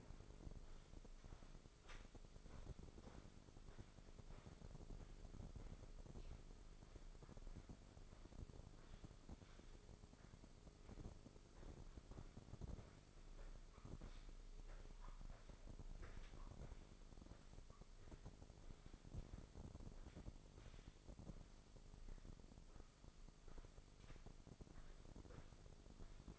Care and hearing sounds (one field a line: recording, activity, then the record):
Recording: daily activity, microphone in the room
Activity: walk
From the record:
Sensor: 5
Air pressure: 1005.7 hPa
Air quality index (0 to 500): 79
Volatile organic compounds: 1 ppm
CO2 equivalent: 951 ppm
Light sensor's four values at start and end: 33/75/30/28 and 33/75/30/28